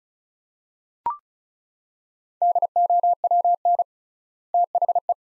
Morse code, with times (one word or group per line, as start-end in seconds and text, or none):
2.4-3.8 DOWN
4.5-5.1 THE